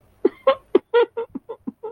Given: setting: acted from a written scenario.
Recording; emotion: vocal sound without words; disappointment